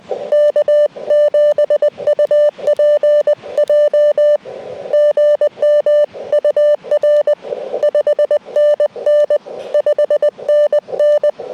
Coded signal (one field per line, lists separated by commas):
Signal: Morse code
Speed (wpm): 20 wpm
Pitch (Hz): 590 Hz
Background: none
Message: K7UPJ GM UR 5NN 5NN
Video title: Bramley Mountain SOTA